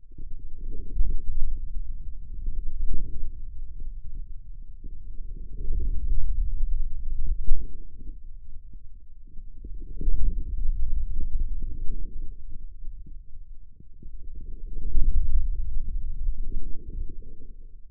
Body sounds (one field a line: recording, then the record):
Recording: forearm muscle sounds (acoustic myography)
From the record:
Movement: hand closing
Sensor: system 2, bracelet of six BSWA MPA416 microphones around the upper forearm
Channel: 6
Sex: male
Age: 22 years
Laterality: right